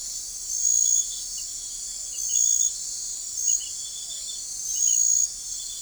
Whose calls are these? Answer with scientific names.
none